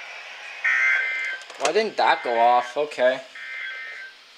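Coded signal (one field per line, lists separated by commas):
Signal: Emergency Alert System (SAME) tones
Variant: end-of-message bursts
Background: speech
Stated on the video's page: Received on five NOAA weather radio transmitters at 162.400, 162.450, 162.475, 162.500 and 162.525 MHz, each twice.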